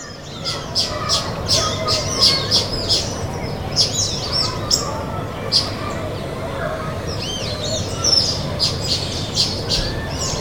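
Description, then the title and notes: Bar-breasted mousebird flock giving sharp high chirps and curved twittering notes in irregular clusters, over steady low background rumble. Flock in the leaves of a betel nut palm, Nkolmbong-Nord neighborhood, Émana, Yaoundé, Cameroon; 19 December 2025, 4:52 p.m.; recorded on TASCAM DR-05, processed in Audacity. "Nkolmbong-Nord neighborhood, Émana, Yaoundé 1, Cameroon. December 19, 2025, 4:52 p.m. Sounds captured: flock of Bar-breasted Mousebirds in the leaves of a betel nut palm"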